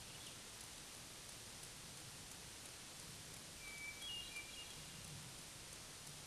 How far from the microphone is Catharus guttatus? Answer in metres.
about 20 m